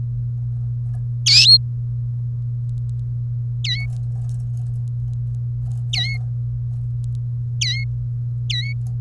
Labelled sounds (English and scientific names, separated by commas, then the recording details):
Domestic Canary (Serinus canaria) song
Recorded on 30 April 2018 at 12:26
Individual llb3